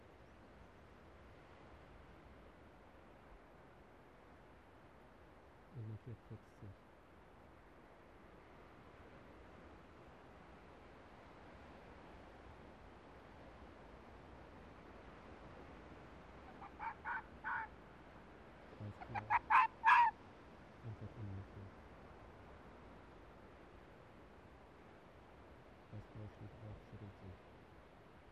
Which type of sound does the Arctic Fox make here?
barking